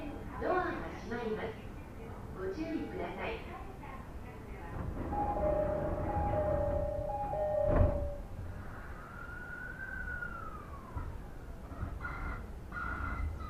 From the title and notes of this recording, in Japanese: 鉄道旅 内房線快速 千葉→木更津。千葉からは総武横須賀線の15両快速列車に乗り換えます。折り返し東京方面の需要を見越しての長大編成のため随分と空いていました。